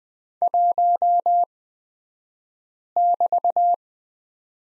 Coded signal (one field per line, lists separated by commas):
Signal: Morse code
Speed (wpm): 20 wpm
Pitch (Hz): 700 Hz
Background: none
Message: 1<BT>